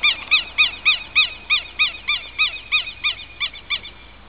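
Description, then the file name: Southern lapwing calling a loud, strident repeated kek note several times a second, gradually weakening over the series. "Quero Quero"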